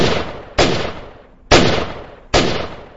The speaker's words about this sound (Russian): Но мы с Артемом не сговаривались, проигнорировали остальные цели и 4 выстрела по 2 на брата сбили зомбака с ног.